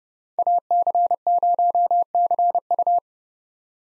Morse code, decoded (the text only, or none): AC0CU